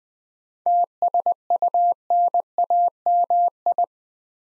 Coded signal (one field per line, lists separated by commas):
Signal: Morse code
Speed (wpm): 20 wpm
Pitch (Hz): 700 Hz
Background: none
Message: TSUNAMI